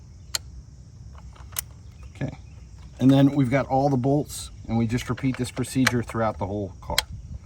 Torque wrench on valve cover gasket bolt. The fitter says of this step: and then you just turn it until you hear the click.